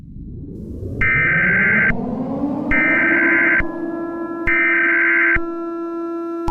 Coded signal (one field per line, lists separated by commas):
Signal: Emergency Alert System (SAME) tones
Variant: header bursts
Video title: EAS SCENARIO #39: CREEPER INVASION